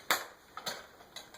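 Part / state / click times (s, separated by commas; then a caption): rifle dust cover onto receiver / seated / 0.1 s. A steel dust cover is fitted into the gap on an AK-47 rifle's receiver and pushed straight down until the recoil spring button pops back out and locks it in place. A loud, sharp metallic snap at 0.1 s marks the cover seating, followed by fainter clicks and taps around 0.6, 0.7, 1.2 and 1.3 s. The dust cover is seated.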